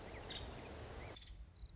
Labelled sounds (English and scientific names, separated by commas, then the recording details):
Nuttall's Woodpecker (Dryobates nuttallii)
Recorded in Sonoma County, California